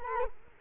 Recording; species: mosquito wingbeat signal from an infrared sensor; Culex quinquefasciatus